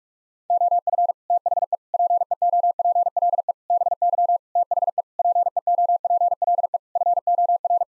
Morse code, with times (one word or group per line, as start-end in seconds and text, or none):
0.5-1.1 OF
1.3-1.8 THE
1.9-3.5 PEOPLE
3.7-4.4 BY
4.6-5.0 THE
5.2-6.8 PEOPLE
7.0-7.8 FOR